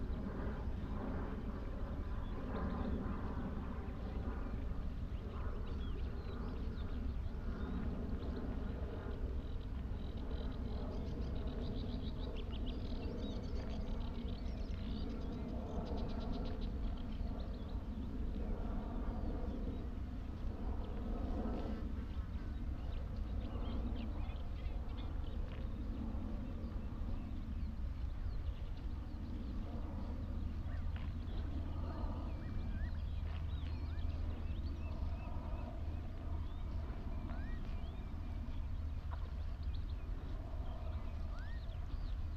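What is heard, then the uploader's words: Lapwings, redshank, Cetti's warblers, geese and ducks call in a busy, overlapping chorus, with short cries and chatter scattered through the whole clip. Underneath runs a steady, deep rumble like an engine that never lets up. The Hoo Peninsula is a vast open landscape on the Thames Estuary. The mics (recording alone) were lodged in a hawthorn tree on Higham Marshes nature reserve and pointed out over a watery marsh. Close to the mics lapwings, redshank and cetti's warblers call, as well as geese and ducks that are familiar sounds to us urban dwellers.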